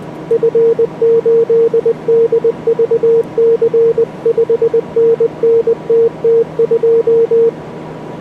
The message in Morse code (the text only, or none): F8DVC 5NN TT2